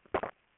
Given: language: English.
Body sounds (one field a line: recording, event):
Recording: throat vibration sensor signal played as sound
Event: swallow